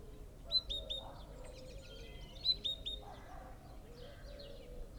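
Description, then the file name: Great tit notes: two groups of sharp, high, repeated notes, mixed with other chattering birds and low calls in the background. "Parus major"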